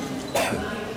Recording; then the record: coughing mixed with background sound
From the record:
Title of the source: Residual Phlegmy Morning Coughing and Gagging